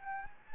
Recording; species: mosquito wingbeat signal from an infrared sensor; Anopheles gambiae